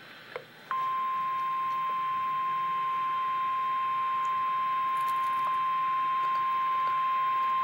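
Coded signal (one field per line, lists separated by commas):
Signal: Emergency Alert System (SAME) tones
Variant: 1050 Hz attention tone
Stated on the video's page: Real EAS severe thunderstorm warning.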